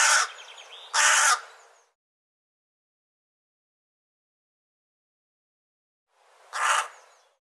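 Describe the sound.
Bird giving harsh, raspy caw-like calls: two quick calls close together, then silence, then one more call after about five seconds.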